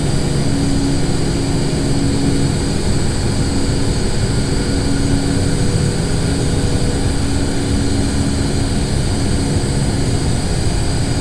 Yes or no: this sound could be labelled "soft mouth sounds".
no